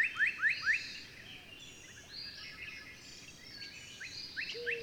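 Bird song with a few quick rising chirps at the start and end, softer high twitters between, against a hissing background.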